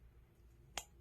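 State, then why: Seated. The hook clasp on the stretchy elastic band at the back of a headband wig is snapped closed into place, like a bra strap. Over a quiet background, a single sharp, bright snap sounds at 0.8 s, and the clasp seats.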